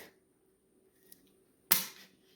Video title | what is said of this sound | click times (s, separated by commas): NRA Shotgun handling #2 pump action | okay Clicks in place and it's in there and it's stuck okay | 1.7 s